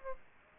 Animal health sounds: mosquito wingbeat signal from an infrared sensor; Aedes albopictus

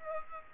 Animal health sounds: mosquito wingbeat signal from an infrared sensor; Aedes aegypti

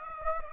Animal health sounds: mosquito wingbeat signal from an infrared sensor; Aedes aegypti

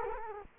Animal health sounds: mosquito wingbeat signal from an infrared sensor; Culex quinquefasciatus

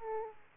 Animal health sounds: mosquito wingbeat signal from an infrared sensor; Aedes aegypti

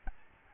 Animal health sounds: mosquito wingbeat signal from an infrared sensor; Aedes albopictus

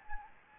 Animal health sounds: mosquito wingbeat signal from an infrared sensor; Anopheles gambiae

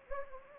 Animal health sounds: mosquito wingbeat signal from an infrared sensor; Anopheles gambiae

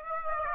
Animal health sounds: mosquito wingbeat signal from an infrared sensor; Aedes aegypti

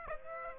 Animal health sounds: mosquito wingbeat signal from an infrared sensor; Aedes aegypti

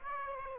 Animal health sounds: mosquito wingbeat signal from an infrared sensor; Aedes aegypti

